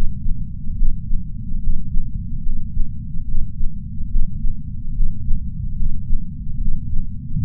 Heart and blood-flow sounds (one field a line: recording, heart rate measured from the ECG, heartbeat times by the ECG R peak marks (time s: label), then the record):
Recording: heart sounds by patch sensor on the chest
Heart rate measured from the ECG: 72 bpm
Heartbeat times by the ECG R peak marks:
0.76 s: heartbeat
1.60 s: heartbeat
2.43 s: heartbeat
3.25 s: heartbeat
4.09 s: heartbeat
4.94 s: heartbeat
5.76 s: heartbeat
6.58 s: heartbeat
7.42 s: heartbeat
From the record:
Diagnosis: coronary artery disease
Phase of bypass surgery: preoperative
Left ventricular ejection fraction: 60.7%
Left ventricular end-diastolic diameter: 49 mm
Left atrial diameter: 38 mm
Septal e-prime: 7.7 cm/s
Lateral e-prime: 8.9 cm/s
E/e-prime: 8.7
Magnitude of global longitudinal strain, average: 16.3%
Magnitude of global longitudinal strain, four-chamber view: 16.1%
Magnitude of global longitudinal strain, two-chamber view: 16.3%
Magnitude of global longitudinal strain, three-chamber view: 16.5%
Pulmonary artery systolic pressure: 21 mmHg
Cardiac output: 4.8 L/min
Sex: male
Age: 58 years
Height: 170 cm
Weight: 80 kg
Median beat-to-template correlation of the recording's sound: 0.88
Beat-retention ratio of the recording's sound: 1.00